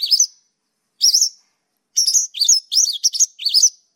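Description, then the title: Songbird song: short whistled notes sweeping up and down, first spaced apart, then running together into a quick string of warbled phrases. Master song for training songbirds. "Burung Masteran"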